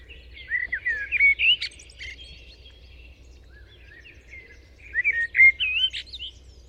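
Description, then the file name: Common blackbird song: two separate fluty warbled phrases near one and five and a half seconds, each ending in squeaky high twittering, with a quiet pause between. "Turdus merula"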